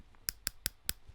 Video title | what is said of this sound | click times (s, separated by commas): CREATIVE REVIEW AT 2PM : #ROCKETKIDSCLUB FOR #WORLDBOXDAY. At home or in school, join us LIVE | Can you hear that click? That is not coming undone. | 0.3 s, 0.5 s, 0.7 s, 0.9 s